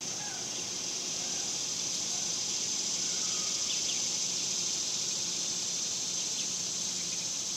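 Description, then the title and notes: Cicada chorus: one continuous shrill, hissing buzz that holds level the whole time, over a soft low hum. Several cicadas recorded outdoors in summer in a suburban area. "Ext Summer Cicadas, Suburbs by Bandeto"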